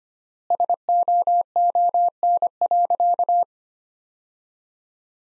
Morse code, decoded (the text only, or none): SOON.